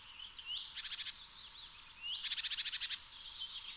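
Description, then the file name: Eurasian blue tit churring, two fast rattling runs of buzzy ticks, the second longer, with a high whistle. "Cyanistes caeruleus"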